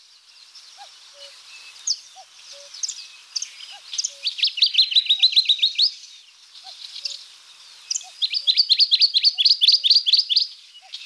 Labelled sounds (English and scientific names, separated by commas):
Dusky Warbler (Phylloscopus fuscatus) song